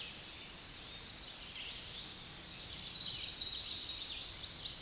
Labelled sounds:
Tennessee Warbler song

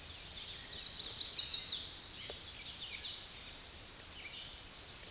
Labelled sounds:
Chestnut-sided Warbler song

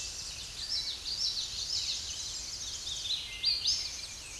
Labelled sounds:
Hooded Warbler song

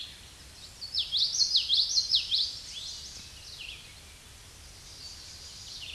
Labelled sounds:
Common Yellowthroat song

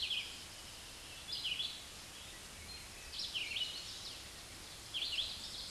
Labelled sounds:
Red-eyed Vireo song

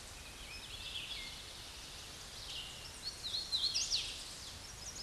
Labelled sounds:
Hooded Warbler song

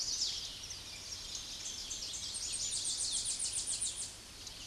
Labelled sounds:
Tennessee Warbler song

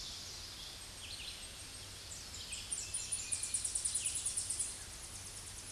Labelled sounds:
Tennessee Warbler song

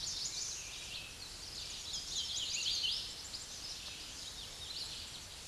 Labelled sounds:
Hooded Warbler song

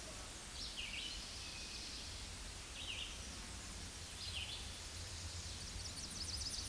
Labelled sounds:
Red-eyed Vireo song

